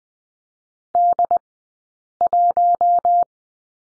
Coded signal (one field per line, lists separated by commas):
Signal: Morse code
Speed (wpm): 20 wpm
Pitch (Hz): 700 Hz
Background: none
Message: D1